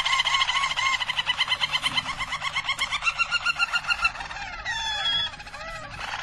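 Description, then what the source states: Harz Roller canary song: rapid pulsed harmonic trills held for several seconds, then slower looping, bubbling glide notes near the end. Belgian Harz Roller canary song.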